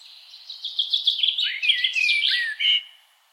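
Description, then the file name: Common blackbird song phrase: dense run of high twittering notes with a lower whistled slur in the middle, closing on a short bright note. "Turdus merula"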